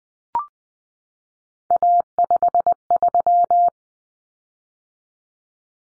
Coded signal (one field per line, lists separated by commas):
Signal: Morse code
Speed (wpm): 20 wpm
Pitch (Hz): 700 Hz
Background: none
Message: A53